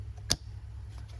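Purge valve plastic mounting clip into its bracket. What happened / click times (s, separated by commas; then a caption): The plastic clip snapped into its mount / 0.3 s. The plastic mounting clip of the EVAP purge valve on a Chevrolet Traverse / Buick Enclave 3.6 engine is pushed back into its bracket on the engine. A single sharp snap is heard at 0.3 seconds over a steady low hum. The clip is locked in place.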